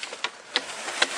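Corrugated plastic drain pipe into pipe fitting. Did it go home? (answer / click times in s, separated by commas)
yes / 0.2 s, 0.6 s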